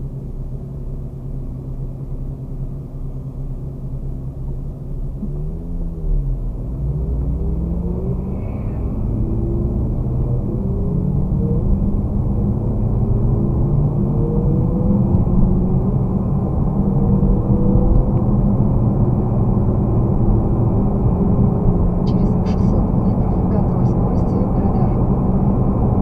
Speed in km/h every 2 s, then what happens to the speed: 0, 0, 0, 0, 11, 24, 37, 44, 51, 59, 66, 72, 75.
0-7 standing. 7-26 pulls away to 75.